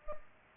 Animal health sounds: mosquito wingbeat signal from an infrared sensor; Culex pipiens

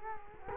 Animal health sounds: mosquito wingbeat signal from an infrared sensor; Culex quinquefasciatus

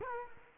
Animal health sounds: mosquito wingbeat signal from an infrared sensor; Culex quinquefasciatus

